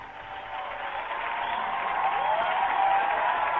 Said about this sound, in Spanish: Y así se fueron todos los comentarios y todos los Golden Food, y le vamos a dar un aplauso porque muchas gracias a ustedes.